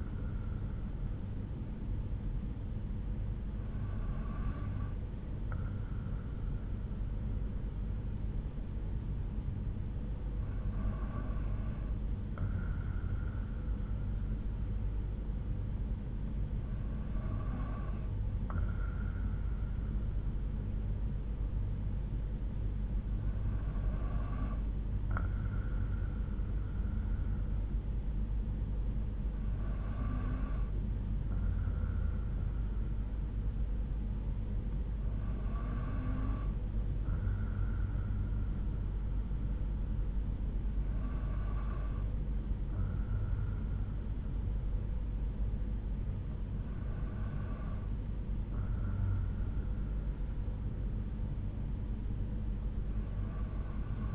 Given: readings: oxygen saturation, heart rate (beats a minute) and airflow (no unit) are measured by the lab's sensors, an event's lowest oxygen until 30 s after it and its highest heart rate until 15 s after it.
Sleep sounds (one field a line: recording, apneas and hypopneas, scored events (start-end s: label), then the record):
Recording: breathing in sleep by a smartphone at the bedside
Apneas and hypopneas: none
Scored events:
none scored
From the record:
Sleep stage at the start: N2 (light sleep)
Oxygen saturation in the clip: 92 to 93%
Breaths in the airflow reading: 8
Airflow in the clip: -3.7 to 3.7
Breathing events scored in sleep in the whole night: 368 in 8.0 hours asleep